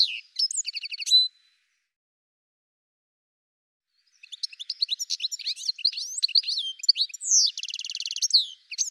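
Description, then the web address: Bird song: a short burst of high chirps and a trill, a pause of about three seconds, then long, varied, high twittering with slurred notes and a buzzy trill near the end. "cianscape birddata Deverinetal 2025 Bird Ca Ca Ca Ca"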